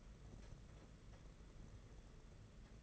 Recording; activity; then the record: daily activity, microphone in the room; take from stove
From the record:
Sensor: 4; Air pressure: 992.8 hPa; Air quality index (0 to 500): 175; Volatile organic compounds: 324 ppm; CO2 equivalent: 4532 ppm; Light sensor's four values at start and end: 5/11/4/5 and 5/11/4/5